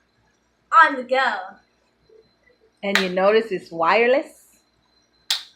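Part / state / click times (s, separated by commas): hinged arm of a foldable wireless gadget locking into its body / seated / 5.3 s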